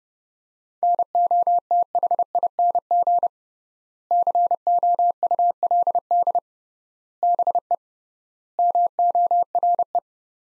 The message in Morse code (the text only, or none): NOTHING COULD BE MORE